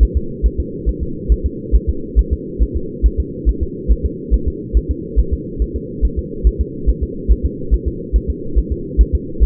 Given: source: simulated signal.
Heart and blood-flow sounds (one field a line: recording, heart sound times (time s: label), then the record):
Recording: fetal heart sounds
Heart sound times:
0.03 s: S1
0.17 s: S2
0.46 s: S1
0.60 s: S2
0.89 s: S1
1.03 s: S2
1.32 s: S1
1.46 s: S2
1.75 s: S1
1.89 s: S2
2.19 s: S1
2.33 s: S2
2.63 s: S1
2.77 s: S2
3.06 s: S1
3.20 s: S2
3.49 s: S1
3.63 s: S2
3.92 s: S1
4.06 s: S2
4.34 s: S1
4.48 s: S2
4.77 s: S1
4.91 s: S2
5.19 s: S1
5.34 s: S2
5.62 s: S1
5.76 s: S2
6.05 s: S1
6.19 s: S2
6.47 s: S1
6.61 s: S2
6.89 s: S1
7.03 s: S2
7.32 s: S1
7.46 s: S2
7.74 s: S1
7.88 s: S2
8.16 s: S1
8.30 s: S2
8.58 s: S1
8.72 s: S2
9.01 s: S1
9.15 s: S2
9.43 s: S1
From the record:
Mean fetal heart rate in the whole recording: 140 bpm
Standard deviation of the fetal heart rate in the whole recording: 2 bpm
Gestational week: 34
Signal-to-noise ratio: -4.3 dB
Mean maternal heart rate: 72 bpm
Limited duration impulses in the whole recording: absent